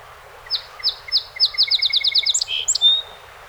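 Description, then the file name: Song sparrow song: notes repeated slowly at first, then speeding into a quick trill, ending with a couple of bright notes and a high whistled tone. 48 songs, 7 June 2018. "2018-06-07 Song Sp 48 Songs"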